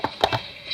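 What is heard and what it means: A new cartridge-style oil filter for a Chrysler Pacifica minivan is pushed down onto the end of the plastic filter housing cap. Short knocks are heard at about 0.0, 0.2 and 0.8 seconds as it is handled. Nothing has seated or clicked yet.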